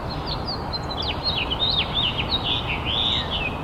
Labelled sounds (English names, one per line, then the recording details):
House Finch song
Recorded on Long Island, New York, on 8 April 2011
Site BN
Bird B